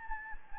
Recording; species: mosquito wingbeat signal from an infrared sensor; Anopheles gambiae